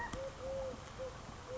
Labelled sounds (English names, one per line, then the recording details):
Eurasian Collared Dove
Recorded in Sonoma County, California